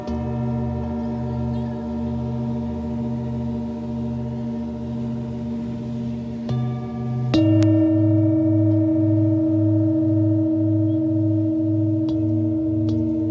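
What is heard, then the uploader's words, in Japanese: Singing bowls hum in steady, overlapping low tones with a soft pulsing throb, a fresh, louder bowl tone joining around seven seconds. メキシコから シンギングボウルのサウンドヒーリング ライブ。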